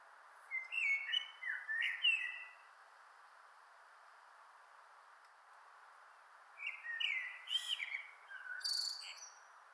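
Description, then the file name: Common blackbird song: two mellow, fluted warbling phrases mixed with high squeaky notes, separated by a few seconds of quiet. "Turdus merula"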